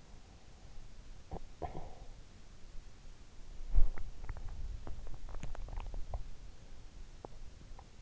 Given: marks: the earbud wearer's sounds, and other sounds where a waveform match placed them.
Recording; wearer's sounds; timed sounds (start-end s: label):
sounds in sleep by an in-ear microphone; talking in sleep, teeth grinding
0.97-2.49 s: talking in sleep
3.52-8.01 s: teeth grinding